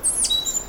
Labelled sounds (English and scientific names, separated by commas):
Stitchbird (Notiomystis cincta) song